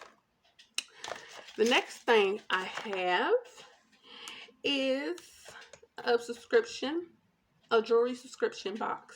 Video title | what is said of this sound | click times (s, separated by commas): MintMongoose (March) & Bagnetique Unboxing | if you hear that click it's clicking to the magnet | 0.8 s